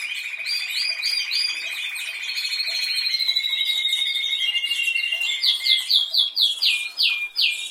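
Canary song: a long, rapid trill, a gliding rolled phrase, then a run of quick, repeated descending notes.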